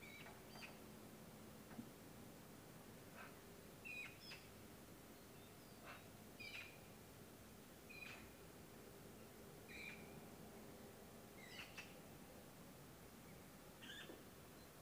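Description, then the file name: Eurasian magpie calls: faint, short harsh notes repeated roughly every one to two seconds throughout, over a steady low background hum. "Pica pica"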